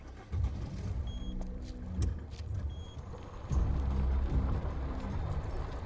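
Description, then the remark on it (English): A car engine rumbles low and steady, then swells louder partway through as the vehicle revs and pulls off, with faint high tones flickering above the drone. “That's her dad's car.”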